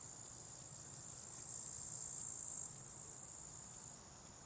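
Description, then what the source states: Cricket chorus, a shrill continuous trill rising in strength, then stepping down twice to a softer level, with faint low background hum. Crickets at a small spot beside a hiking path with wild natural meadows at Lake Wolfgangsee, Strobl, Austria; some traffic audible; recorded with SD702t and MKH8040.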